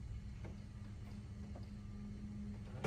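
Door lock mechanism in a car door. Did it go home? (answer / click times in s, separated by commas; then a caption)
no / none. The door lock mechanism in a replacement door just fitted to a 2011 Ford Fusion is being handled. A steady low hum runs throughout, with a few faint soft ticks and a sharp burst at the very end. Nothing has clicked or seated yet.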